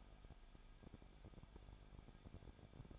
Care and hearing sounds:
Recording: daily activity, microphone in the room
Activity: no activity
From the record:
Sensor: 5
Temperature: 20.9 degrees Celsius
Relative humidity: 35.1%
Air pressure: 994.7 hPa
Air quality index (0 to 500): 154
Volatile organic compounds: 2 ppm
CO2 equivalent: 1289 ppm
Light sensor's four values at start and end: 2/3/1/1 and 2/3/1/1

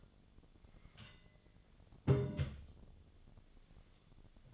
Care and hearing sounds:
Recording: daily activity, microphone in the room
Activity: take from stove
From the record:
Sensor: 4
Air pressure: 1010.8 hPa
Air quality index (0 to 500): 169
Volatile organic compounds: 5 ppm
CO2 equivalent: 1720 ppm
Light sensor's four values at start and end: 39/111/45/46 and 39/112/45/46

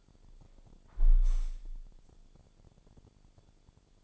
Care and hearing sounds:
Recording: daily activity, microphone in the room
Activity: close window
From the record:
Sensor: 5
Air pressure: 1000.6 hPa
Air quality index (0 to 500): 151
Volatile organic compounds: 2 ppm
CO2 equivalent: 1156 ppm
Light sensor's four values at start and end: 39/91/38/41 and 39/91/38/41

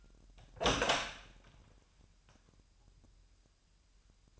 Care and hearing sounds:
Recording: daily activity, microphone in the room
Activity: open door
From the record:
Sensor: 2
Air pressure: 998.3 hPa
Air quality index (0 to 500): 143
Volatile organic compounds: 4 ppm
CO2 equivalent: 1616 ppm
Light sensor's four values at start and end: 11/34/13/13 and 11/34/13/13

